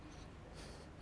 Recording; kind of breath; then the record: one breath in and out by a microphone near the nose and mouth; strong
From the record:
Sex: male